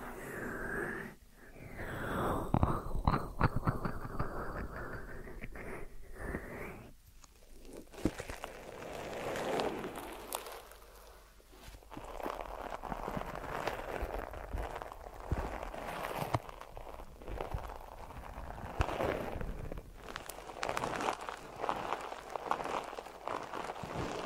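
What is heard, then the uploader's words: A deep ear massage of close rubbing and scratching with many sharp taps and crackles. The first seven seconds carry a rising, sweeping rub, then after a brief lull the sound settles into dense, steady scraping strokes that pulse irregularly to the end. ASMR Deep Ear Massage for Sleep(No Talking).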